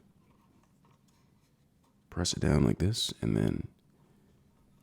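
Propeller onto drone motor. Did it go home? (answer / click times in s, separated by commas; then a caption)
no / none. A plastic propeller for a DJI Air 2S drone is lined up, set onto the motor mount and pressed down, ahead of being twisted to lock. Someone talks from about 2.1 to 3.6 seconds over a quiet background, and nothing has seated or clicked yet.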